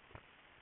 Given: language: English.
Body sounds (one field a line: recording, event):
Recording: throat vibration sensor signal played as sound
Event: swallow